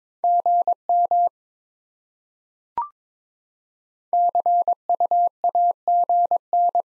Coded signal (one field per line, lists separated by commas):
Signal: Morse code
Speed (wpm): 22 wpm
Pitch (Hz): 700 Hz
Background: none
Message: GM CUAGN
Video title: Top 20 QSO Elements 22wpm